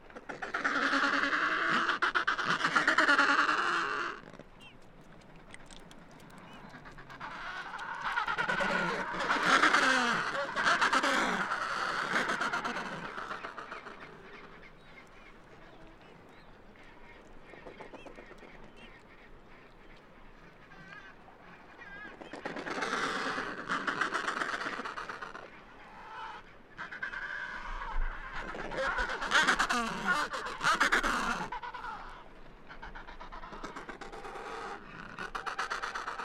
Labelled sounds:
Adelie Penguin call

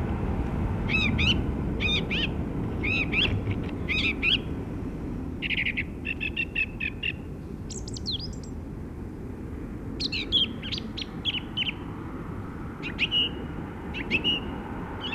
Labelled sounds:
Song Thrush song

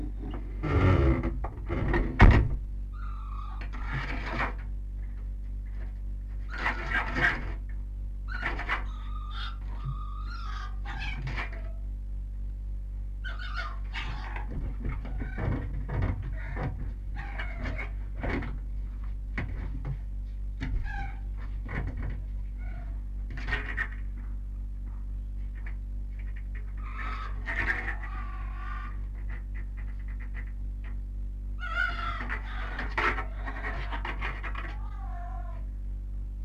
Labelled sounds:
Red Fox

